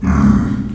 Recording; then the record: squeal of a Yucatan mini pig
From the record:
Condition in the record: after surgery on the right vocal fold (resection and tissue-engineered implant); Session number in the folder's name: 17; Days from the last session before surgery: 195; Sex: female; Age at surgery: 19 weeks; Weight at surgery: 25 kg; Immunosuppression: prednisolone